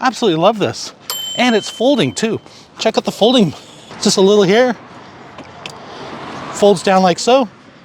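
Someone talks while folding the steering column of a carbon fiber three-wheel electric mobility scooter down toward its folding latch, with a brief sharp tap near 5.7 s amid low background noise. The clip ends before the part goes home; the folding latch has not seated or clicked into place yet.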